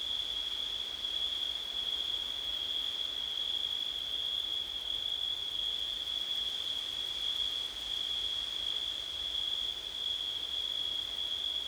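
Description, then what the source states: Crickets give a steady, unbroken high-pitched trill that holds one pitch throughout. Crickets and wind on a September night.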